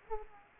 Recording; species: mosquito wingbeat signal from an infrared sensor; Culex quinquefasciatus